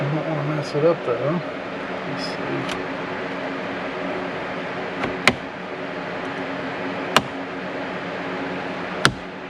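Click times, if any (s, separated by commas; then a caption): 5.3 s, 7.2 s, 9.0 s. A trim removal tool pries a plastic dash trim panel off the dashboard of a 2021 Jeep Wrangler Rubicon to install a Voswitch JL300. Someone talks at the start, then three sharp pops are heard at 5.3, 7.2 and 9.1 seconds as the panel's clips release and pop loose.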